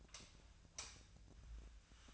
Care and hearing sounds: daily activity, microphone in the room; light off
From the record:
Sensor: 2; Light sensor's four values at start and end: 32/84/35/37 and 27/65/28/31

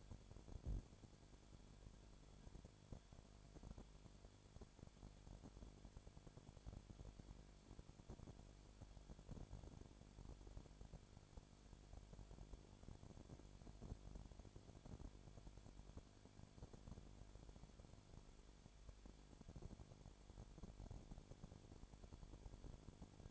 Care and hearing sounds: daily activity, microphone in the room; no activity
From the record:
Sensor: 5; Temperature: 20.2 degrees Celsius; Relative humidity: 36.5%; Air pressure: 1001.2 hPa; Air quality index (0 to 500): 177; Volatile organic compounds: 4 ppm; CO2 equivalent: 1612 ppm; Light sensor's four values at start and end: 2/3/1/1 and 2/3/1/1

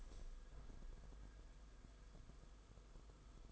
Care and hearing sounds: daily activity, microphone in the room; open window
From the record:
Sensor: 5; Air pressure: 990.6 hPa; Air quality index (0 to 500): 164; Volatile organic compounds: 297 ppm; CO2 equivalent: 4474 ppm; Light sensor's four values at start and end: 17/39/16/17 and 17/40/16/18

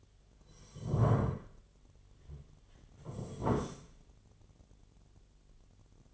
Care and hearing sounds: daily activity, microphone in the room; sit down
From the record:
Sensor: 4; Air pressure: 1008.7 hPa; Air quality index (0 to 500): 170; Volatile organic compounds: 5 ppm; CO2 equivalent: 1705 ppm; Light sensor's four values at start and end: 23/72/27/26 and 23/72/27/26

